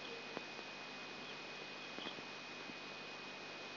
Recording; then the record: brain microelectrode recording played as sound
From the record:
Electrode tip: outside the subthalamic nucleus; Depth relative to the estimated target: -8 mm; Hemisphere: right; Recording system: AlphaMap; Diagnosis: Parkinson's disease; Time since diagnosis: 8 years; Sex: female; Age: 37 years